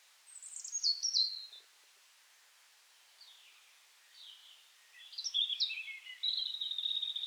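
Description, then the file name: European robin song: high, thin warbling phrases, a descending trill first, then scattered notes and a sustained bright phrase near the end, separated by short pauses. "Erithacus rubecula"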